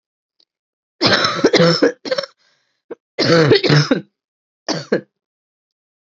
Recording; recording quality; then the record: heavy voluntary cough; excellent, no background noise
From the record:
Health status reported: exposed to COVID-19, no respiratory illness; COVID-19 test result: not tested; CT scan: not taken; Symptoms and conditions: sore throat, fatigue, muscle pain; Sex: female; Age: 32 years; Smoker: no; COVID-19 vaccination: both doses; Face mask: worn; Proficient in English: yes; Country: India